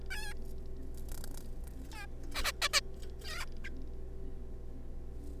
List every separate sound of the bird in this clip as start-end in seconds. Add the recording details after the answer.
0.11-0.33, 1.93-2.06, 2.35-2.52, 2.62-2.68, 2.73-2.80, 3.24-3.45, 3.64-3.69. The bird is a juvenile. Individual R3549